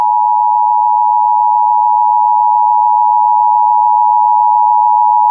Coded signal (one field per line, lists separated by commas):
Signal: Emergency Alert System (SAME) tones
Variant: 853 and 960 Hz attention tone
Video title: EAS Child Abduction Emergency for Colorado 3/17/18